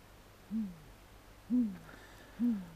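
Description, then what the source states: Great grey owl hooting, three deep, soft hoots about one second apart, each slightly falling at the end, over a quiet background. Featured as the week's nature sound, presented by Juha Laaksonen; its call does not carry far, so a bird heard is probably within 200 metres.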